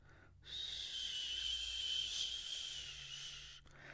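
A single long, high-pitched whistling breath lasting about three seconds, steady in pitch over a soft hiss. These are expiratory wheezes with prolonged expiration, typical of asthma, from spasm of the bronchial muscles. Such wheezes can sometimes be heard without a stethoscope, just by putting the ear close, in children or adults.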